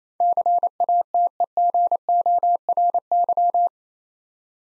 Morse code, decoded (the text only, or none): CATEGORY